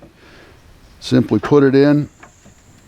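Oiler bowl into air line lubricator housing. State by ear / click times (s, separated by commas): not seated / none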